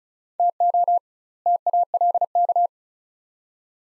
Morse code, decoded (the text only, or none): TO TALK